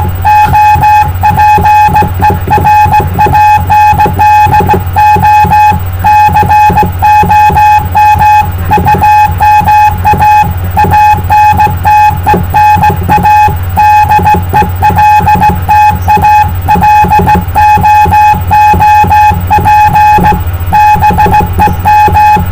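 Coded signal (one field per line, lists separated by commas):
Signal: Morse code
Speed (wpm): 16 wpm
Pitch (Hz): 840 Hz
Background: none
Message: OPERANDO COM UMA ANTENA DELTA LOOP BEM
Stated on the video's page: CW contact on the 10 m band.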